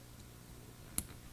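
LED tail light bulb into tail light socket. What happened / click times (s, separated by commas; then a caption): The small bulb snapped into its socket / 1.0 s. A wedge-base Auxito LED bulb is pushed into the plastic tail light bulb socket of a Honda Civic during a tail light upgrade. Against a faint, steady background, a single sharp click sounds at 1.0 s, and the bulb is seated.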